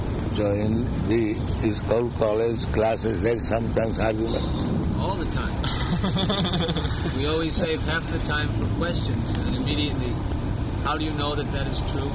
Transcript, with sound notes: So in the school, college classes, there is sometimes argument? [laughter]
We always save half the time for questions, and immediately, "How do you know that that is true?"